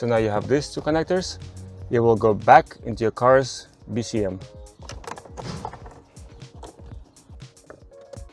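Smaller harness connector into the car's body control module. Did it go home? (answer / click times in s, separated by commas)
no / none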